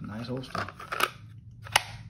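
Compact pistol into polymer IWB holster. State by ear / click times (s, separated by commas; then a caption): seated / 1.0 s, 1.8 s. A Sig Sauer P365 compact pistol is pushed back into a Tulster polymer IWB holster again, giving sharp clicks at about 1.0 s and 1.8 s. The pistol is seated and secure in the holster. Someone talks throughout.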